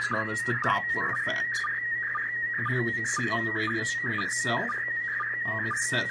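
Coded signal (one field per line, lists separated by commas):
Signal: SSTV (slow-scan television)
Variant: PD 120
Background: speech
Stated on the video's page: SSTV images received from the International Space Station, used as examples in a club SSTV training demonstration.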